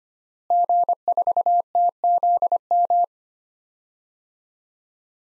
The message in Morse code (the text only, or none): G4TZM